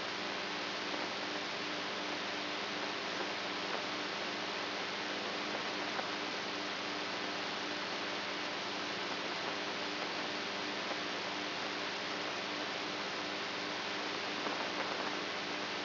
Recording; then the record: brain microelectrode recording played as sound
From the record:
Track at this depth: outside the subthalamic nucleus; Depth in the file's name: 7.304 mm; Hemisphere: right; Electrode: 3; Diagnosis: Parkinson's disease